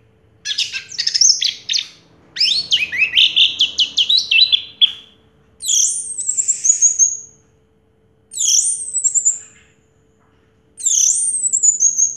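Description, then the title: Orange-headed thrush song: rapid jumbled warbling, then a high descending whistle repeated three times at steady intervals. Played to prompt a silent orange-headed thrush to start singing. "Anis Merah Macet.. Pancing Dengan Suara Ini.. # Anis Merah"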